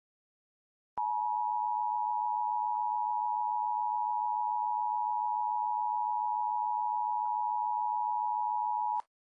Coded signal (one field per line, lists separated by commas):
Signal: Emergency Alert System (SAME) tones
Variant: 853 and 960 Hz attention tone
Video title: Child Abduction Emergency EAS (6/2/17)